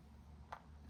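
A lock pick is pushed smoothly in and up to free it from its magnetic slot in a folding pocket-knife style pick handle. A short, sharp click sounds at 0.5 seconds as the pick pops out and is released, over a low steady background hum.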